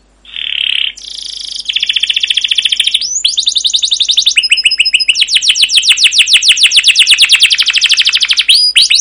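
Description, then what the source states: Canary singing a long rolling song, buzzy opening notes leading into fast repeated trills that continue steadily to the end. Long rolling canary song (masteran), used as a lure to prompt other canaries to sing.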